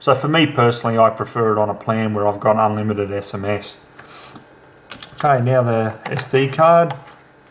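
Someone talks, then handles an SD memory card at the card slot of a Spromise S358J 3G trail camera, making a few short, sharp, fast-fading knocks between about 4.0 and 5.0 seconds. The card is not yet home: nothing has seated or clicked yet, and someone talks again afterward.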